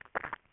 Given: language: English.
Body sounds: throat vibration sensor signal played as sound; swallow

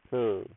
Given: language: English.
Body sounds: throat vibration sensor signal played as sound; speech

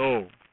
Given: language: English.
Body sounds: throat vibration sensor signal played as sound; speech

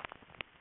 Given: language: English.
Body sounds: throat vibration sensor signal played as sound; swallow

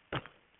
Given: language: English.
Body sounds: throat vibration sensor signal played as sound; cough

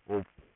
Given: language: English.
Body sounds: throat vibration sensor signal played as sound; speech

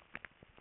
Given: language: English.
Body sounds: throat vibration sensor signal played as sound; swallow

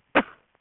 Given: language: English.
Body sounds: throat vibration sensor signal played as sound; cough

